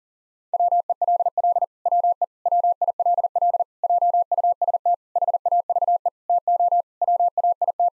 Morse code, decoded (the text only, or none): WELL WE WILL JUST HAVE TO WAIT